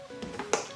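A small metal retaining clip or pin is pushed down through a hole in an engine part until it snaps through the bottom. Over background music, two lighter taps are followed by a sharp snap at 0.5 s. The clip no longer pulls up and is confirmed seated.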